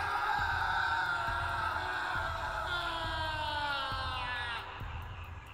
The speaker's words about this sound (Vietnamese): chỉ kịp hét lên một tiếng kinh hãi.